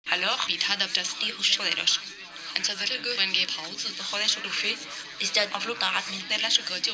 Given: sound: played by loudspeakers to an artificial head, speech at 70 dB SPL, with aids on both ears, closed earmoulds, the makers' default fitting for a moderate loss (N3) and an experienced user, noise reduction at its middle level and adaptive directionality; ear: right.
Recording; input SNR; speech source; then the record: speech test signal (ISTS) in cocktail-party noise; +6 dB; on the right (90 degrees)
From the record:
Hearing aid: class 1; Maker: B